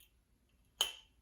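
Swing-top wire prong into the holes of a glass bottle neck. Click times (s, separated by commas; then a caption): 0.8 s. The wire prongs of a swing-top closure are fitted one at a time into the holes at the top of an amber glass bottle. The second prong snaps in with a sharp, bright click at 0.8 s, seating the closure. Before that, only a faint tick and low background hum are heard.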